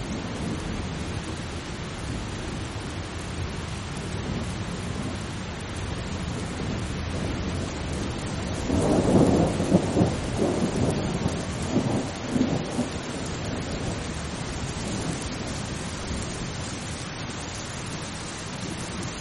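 Steady, dense rain hisses throughout, with a low rolling rumble of distant thunder swelling between about nine and thirteen seconds.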